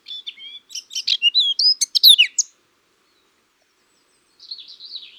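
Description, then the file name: Eurasian blackcap song: a quick warbling phrase of varied high notes rising to a loud flourish, then a quieter scratchy passage after a short pause. "Sylvia atricapilla"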